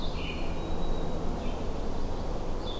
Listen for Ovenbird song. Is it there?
no